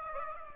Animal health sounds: mosquito wingbeat signal from an infrared sensor; Aedes aegypti

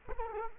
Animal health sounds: mosquito wingbeat signal from an infrared sensor; Culex quinquefasciatus

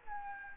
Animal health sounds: mosquito wingbeat signal from an infrared sensor; Aedes albopictus

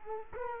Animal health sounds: mosquito wingbeat signal from an infrared sensor; Culex quinquefasciatus

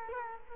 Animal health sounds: mosquito wingbeat signal from an infrared sensor; Culex quinquefasciatus

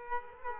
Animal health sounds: mosquito wingbeat signal from an infrared sensor; Culex quinquefasciatus

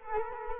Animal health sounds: mosquito wingbeat signal from an infrared sensor; Culex quinquefasciatus

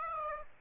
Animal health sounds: mosquito wingbeat signal from an infrared sensor; Aedes aegypti

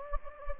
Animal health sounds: mosquito wingbeat signal from an infrared sensor; Anopheles gambiae

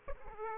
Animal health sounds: mosquito wingbeat signal from an infrared sensor; Aedes aegypti

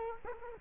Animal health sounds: mosquito wingbeat signal from an infrared sensor; Culex quinquefasciatus

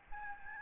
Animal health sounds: mosquito wingbeat signal from an infrared sensor; Aedes albopictus

